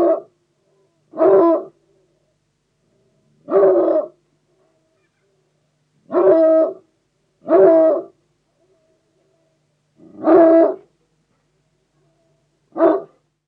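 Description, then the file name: Bloodhound giving single deep barks, several in all, spaced one to three seconds apart with silence between them. "Digiffects Sound Effects Library - Bloodhound Dog Barks"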